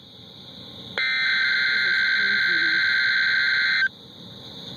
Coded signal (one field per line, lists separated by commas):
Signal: Emergency Alert System (SAME) tones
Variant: header bursts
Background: speech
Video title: TRIPLE HEADER Severe Thunderstorm Watch, Warning, then Watch (EAS #432-434)